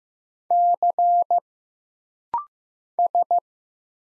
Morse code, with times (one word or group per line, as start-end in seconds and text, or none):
0.5-1.4 C
3.0-3.4 S